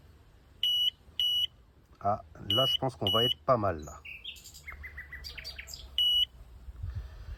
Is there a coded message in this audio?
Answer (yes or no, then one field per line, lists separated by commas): no